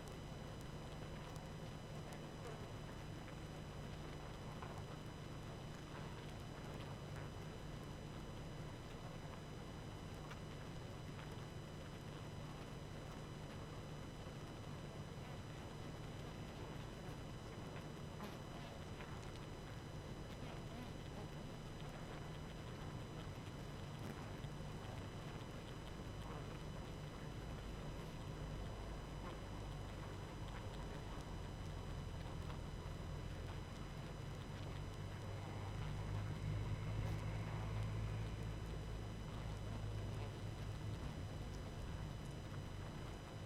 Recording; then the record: honeybee colony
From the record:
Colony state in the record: active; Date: 12 June 2018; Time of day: 20:36